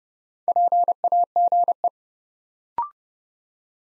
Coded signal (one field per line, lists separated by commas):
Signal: Morse code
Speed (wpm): 30 wpm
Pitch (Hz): 700 Hz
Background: none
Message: PAGE